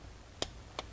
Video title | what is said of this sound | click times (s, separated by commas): AUDI Q7 Water Pump Replacement ( Step by Step Guide ) | So right there, I hope you can hear the torque wrench click. | 0.4 s, 0.8 s